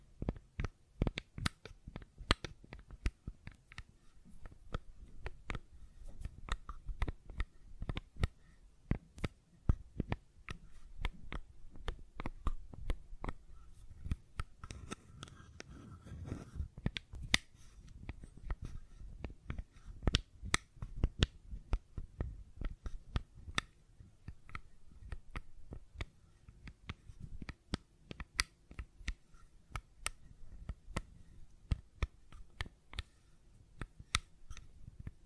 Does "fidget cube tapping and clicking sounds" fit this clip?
yes